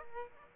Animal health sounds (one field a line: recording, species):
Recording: mosquito wingbeat signal from an infrared sensor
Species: Aedes aegypti